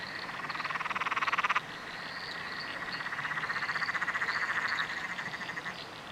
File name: nocturnal frog chorus under a bridge royal national park